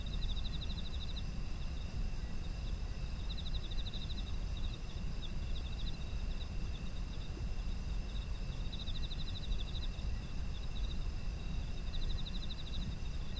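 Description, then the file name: Insects trilling: pulsed, fast chirping bursts about a second long recur four times over steady high continuous insect drones, with a constant low rumble beneath. Ambient sound of autumn insects. "秋の虫の環境音"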